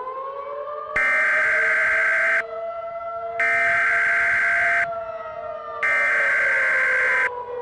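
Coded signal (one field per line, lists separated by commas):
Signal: Emergency Alert System (SAME) tones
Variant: header bursts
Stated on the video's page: Fictional coastal warning EAS scenario that may contain valid tones.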